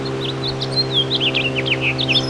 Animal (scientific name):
Haemorhous mexicanus